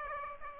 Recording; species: mosquito wingbeat signal from an infrared sensor; Aedes aegypti